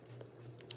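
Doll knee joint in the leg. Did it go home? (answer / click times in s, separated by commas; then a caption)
yes / 0.6 s, 0.7 s. A fashion doll's plastic knee joint in the leg is bent through its ratchet positions, giving two short, sharp clicks at 0.6 s and 0.7 s over a steady low hum, after a fainter tick at 0.2 s. The knee bends well and seats into its bend positions.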